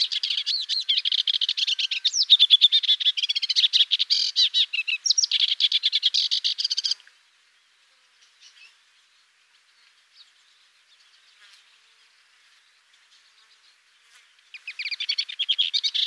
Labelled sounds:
Sykes's Warbler song

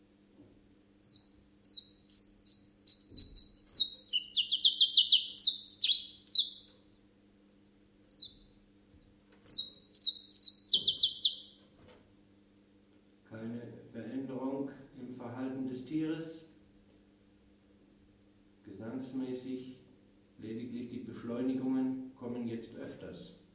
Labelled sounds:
Common Chiffchaff song

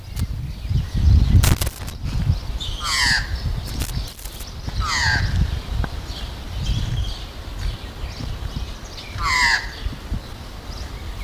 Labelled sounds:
Australian Magpie call

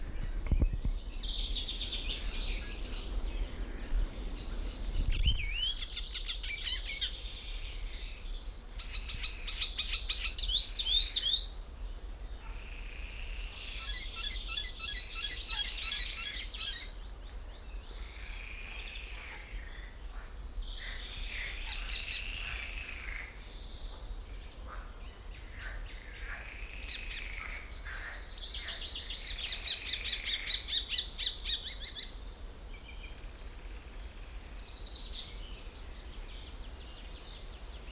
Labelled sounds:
Icterine Warbler

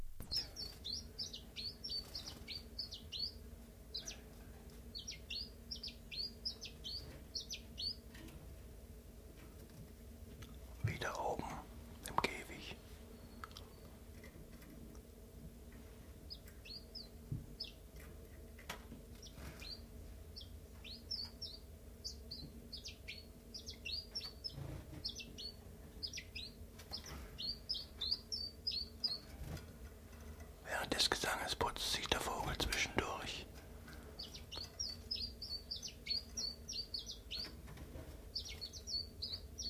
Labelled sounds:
Common Chiffchaff

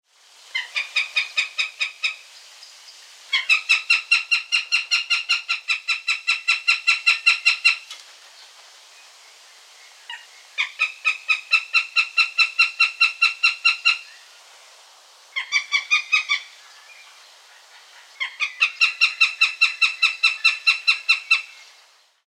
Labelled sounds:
Northern Goshawk

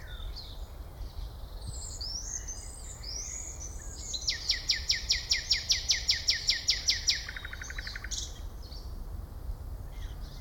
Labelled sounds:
Common Nightingale

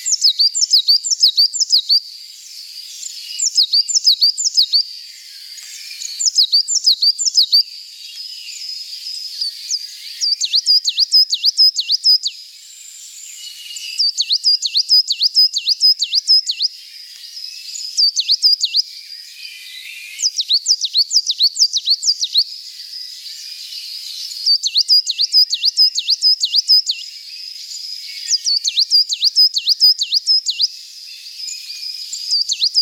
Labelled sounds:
Coal Tit song

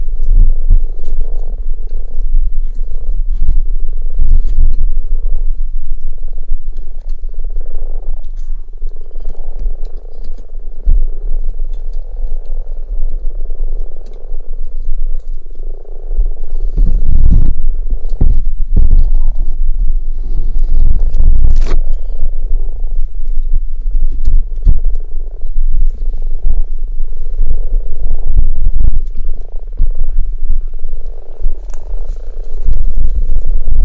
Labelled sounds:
Common Frog call

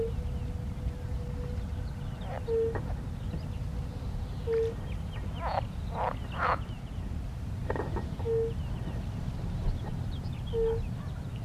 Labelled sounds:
Fire-Bellied Toad call

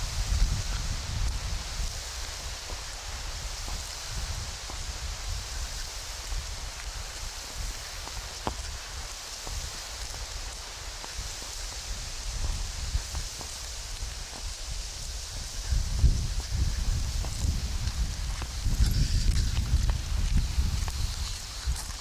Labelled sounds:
Red Deer rut call

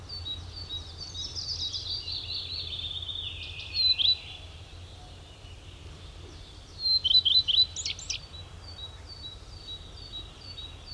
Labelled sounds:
Common Redstart song

